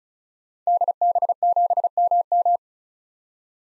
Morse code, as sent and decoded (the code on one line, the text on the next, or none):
-.. -... --... -- --
DB7MM